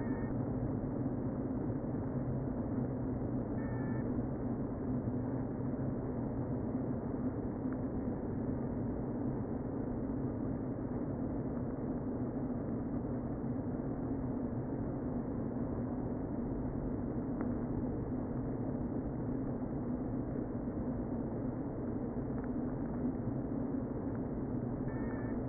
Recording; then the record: honeybee colony, microphone inside the hive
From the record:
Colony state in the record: queen present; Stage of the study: before two queens were removed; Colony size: about 60,000 bees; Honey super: yes